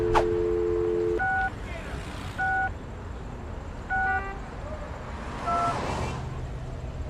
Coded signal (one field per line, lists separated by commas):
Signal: DTMF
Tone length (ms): 290 ms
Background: speech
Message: 6 6 6 2